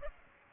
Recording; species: mosquito wingbeat signal from an infrared sensor; Aedes aegypti